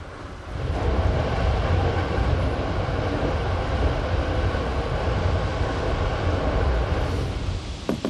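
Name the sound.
train running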